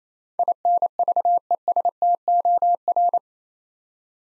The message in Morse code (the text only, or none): INVESTOR